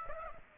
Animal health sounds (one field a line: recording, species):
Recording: mosquito wingbeat signal from an infrared sensor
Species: Aedes aegypti